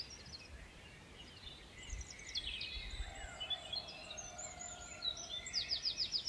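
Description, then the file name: Birds singing at dawn, several overlapping high whistled phrases and chirps, ending in a loud fast repeated series of notes. Birdsong recorded in the Ardèche at 6 a.m. "Vogelgesang-Ardeche-6-Uhr-morgens"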